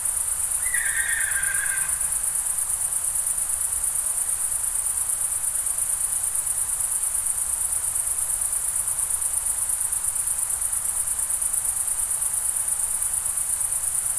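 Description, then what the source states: Cricket chorus with rapid, unbroken high pulsing throughout, while another brief call sounds near the start over a soft low background rush. Summer night ambience in the Pyrenees mountains, France, with crickets and a distant river.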